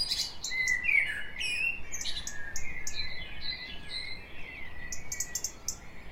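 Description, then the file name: Common blackbird song: clear whistled phrases mixed with high chirping and twittering notes throughout. "Turdus merula"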